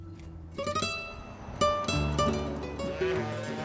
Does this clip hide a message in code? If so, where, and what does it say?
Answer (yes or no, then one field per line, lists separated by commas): no